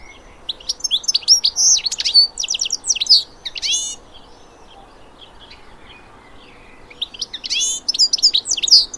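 Bird chirping: a busy burst of high, varied chirps and short trills lasting several seconds, a pause, then another similar burst near the end.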